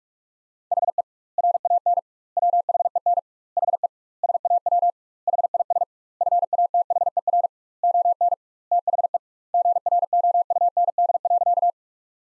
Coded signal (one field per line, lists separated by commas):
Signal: Morse code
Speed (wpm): 41 wpm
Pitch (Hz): 700 Hz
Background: none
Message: HE RAN WHEN HE SAW HIS FATHER ON THE GROUND.